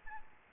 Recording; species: mosquito wingbeat signal from an infrared sensor; Aedes albopictus